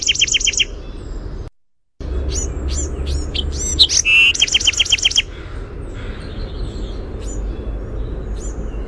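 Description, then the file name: Bewick's wren singing: a fast, dry trill, a brief silent break, then a jumble of sharp high notes leading into another rapid trill, with faint chips after. "BEWR song"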